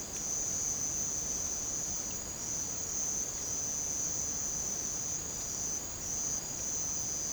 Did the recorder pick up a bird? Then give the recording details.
no. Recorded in secondary vegetation near Puerto Asís, Putumayo, Colombia, on 18 December 2024 at 02:00. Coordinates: 0.489, -76.322. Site G059